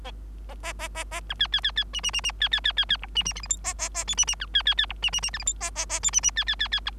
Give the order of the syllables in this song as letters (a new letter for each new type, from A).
A A A A A B C C C C D D D D C C C C C E D D F G H A A A I D D B C C C E D D D F G H A A A I D D C C C C B